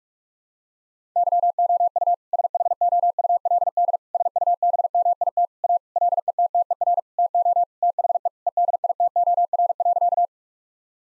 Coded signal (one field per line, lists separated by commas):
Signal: Morse code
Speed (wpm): 46 wpm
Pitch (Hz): 700 Hz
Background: none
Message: YOU SHOULD SUBMIT A LETTER TO THE EDITOR.